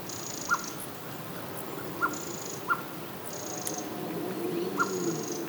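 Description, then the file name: Common blackbird calls: short soft notes repeated at irregular intervals, with thin high drawn-out tones between them over a low steady background hum. "Turdus merula"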